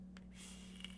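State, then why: Seated. A part is fitted onto a metal rebuildable vape atomizer, probably with an allen key whose hex end is slightly damaged, after one side had not fit. Two sharp clicks sound at 0.2 s and 0.8 s over a steady low hum. The part locks in place.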